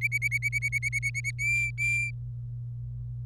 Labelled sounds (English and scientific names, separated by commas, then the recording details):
Domestic Canary (Serinus canaria) song
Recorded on 25 April 2018 at 16:41
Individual llb3